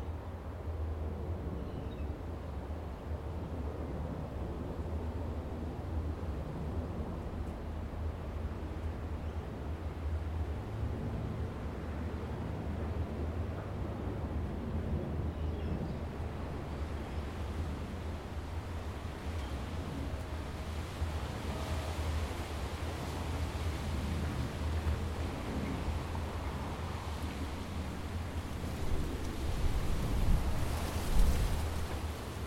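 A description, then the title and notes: Outdoor ambience overlooking Tamarama Beach near Bondi, with a steady wash of surf and a low, constant rumble underneath. The level stays even throughout, brightening slightly after about twenty seconds, with a louder surge near the end around thirty seconds. Overlooking Tamarama Beach, Bondi, Sydney,. This recording comes from outside the building we stayed in overlooking the beautiful Tamarama Beach, which neighbors the well-known Bondi Beach outside of Sydney.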